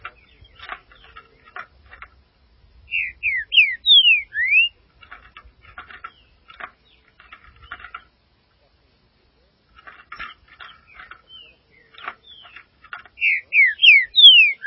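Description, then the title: Green-winged saltator song: a loud series of swooping whistled notes, repeated after about ten seconds, with soft ticking chatter in between. "Trinca Ferro"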